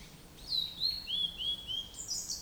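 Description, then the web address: Blue-and-white flycatcher singing a phrase of slurred whistles that steps down in pitch, then a short higher-pitched note, with faint hiss behind. Recorded 29 April 2008. "tosaka. ooruri"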